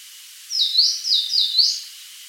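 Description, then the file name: Eastern crowned warbler phrase of four quick slurred notes, each dipping then rising, run together in under two seconds over a soft background hiss. "Phylloscopus coronatus"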